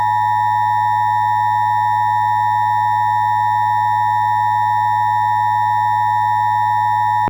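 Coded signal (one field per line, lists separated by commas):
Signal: Emergency Alert System (SAME) tones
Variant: 853 and 960 Hz attention tone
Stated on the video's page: Fictional EAS scenario alert about an endless eclipse.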